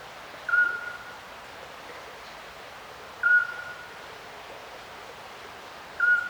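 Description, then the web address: Little owl giving brief whistled notes, repeated roughly every two and a half seconds against a steady hiss. Recorded by a river at night, the owl distant. "Ivo Vicic - Natural ambiences vol 1. Little owl river night distant"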